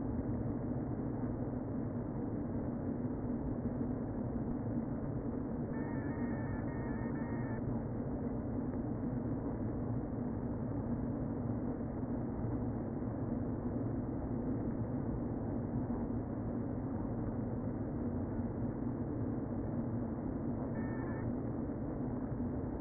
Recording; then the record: honeybee colony, microphone inside the hive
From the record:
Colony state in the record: queen present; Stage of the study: before two queens were removed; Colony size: about 60,000 bees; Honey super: yes